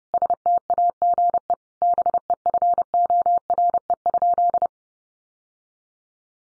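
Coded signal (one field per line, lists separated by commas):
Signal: Morse code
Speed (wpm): 30 wpm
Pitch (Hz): 700 Hz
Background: none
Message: STAGE BEFORE?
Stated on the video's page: Practice sentences from the top 1200 words sent at 30 wpm for head-copy, each sent twice.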